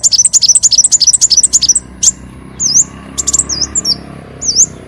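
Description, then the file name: Leafbird song opening with a fast run of high chirps, then separate slurred whistled notes dipping and rising, with short pauses between phrases. "Tieng chim xanh tim"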